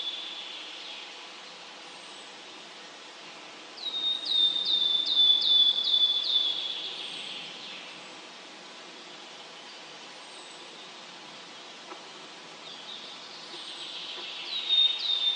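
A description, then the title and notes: Water pours steadily from a waterfall as a constant hiss. Birds sing over it in bursts, with a quick run of bright repeated chirps around four to six seconds and another rising phrase near the end, plus a few faint thin calls between. The waterfall and the birds singing.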